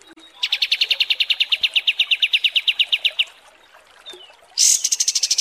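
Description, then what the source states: Kapas tembak song: a long even trill of rapid repeated notes lasting nearly three seconds, a brief gap, then a sharp high burst starting another trill. Masteran training recording of kapas tembak song.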